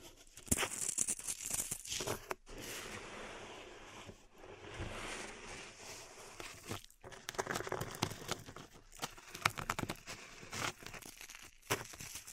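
Pink salt being worked in a zen garden: grainy, crackling scrapes and crunches fill most of the twelve seconds, with quick sharp ticks scattered through. Several brief pauses break the sound, near two and a half, four, seven and eleven and a half seconds.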